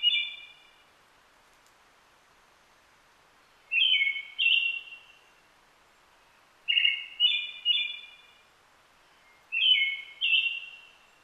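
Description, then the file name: Brown-headed thrush song: clear, slightly burry two- and three-note phrases, falling at the end, repeated about every three seconds over a quiet background. Recorded on 29 June 2009 at 17:46. "akahara-20090629-1746"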